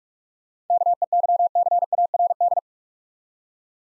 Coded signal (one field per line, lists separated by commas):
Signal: Morse code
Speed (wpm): 44 wpm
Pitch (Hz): 700 Hz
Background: none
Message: KEYCARD